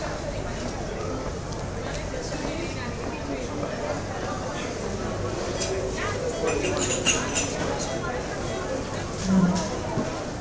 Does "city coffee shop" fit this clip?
yes